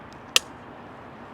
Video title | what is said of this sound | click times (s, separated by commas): Charging Options for Tesla Vehicles 🔌 | you heard that click | 0.4 s